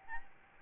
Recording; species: mosquito wingbeat signal from an infrared sensor; Aedes albopictus